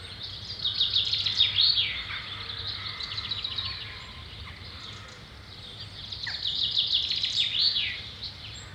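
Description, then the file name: Bird chorus of high twittering and trilled notes in two busy bursts, over a low steady hum. Birds recorded at Samye Ling. "Samye Lings 1203 birds"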